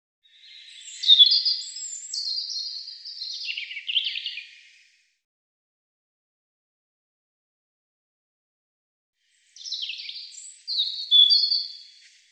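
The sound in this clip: European robin song in two separate phrases of high, liquid warbled notes and fluttering trills, divided by a long silent pause of about five seconds.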